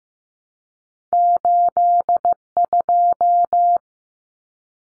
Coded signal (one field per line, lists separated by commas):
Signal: Morse code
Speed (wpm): 15 wpm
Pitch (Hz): 700 Hz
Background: none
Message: 82